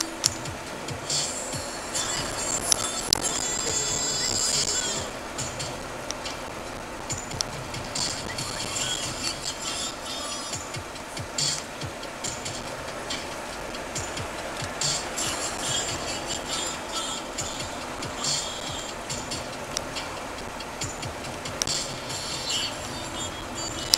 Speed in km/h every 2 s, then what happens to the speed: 15, 23, 24, 23, 18, 15, 19, 22, 23, 26, 26, 28.
0-2 speeds up to 23. 5-10 slows to 15. 10-24 speeds up to 28.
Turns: none.